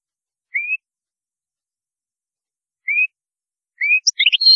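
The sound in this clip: European goldfinch giving a few thin, rising whistled notes, then breaking into quick, high twittering at the end.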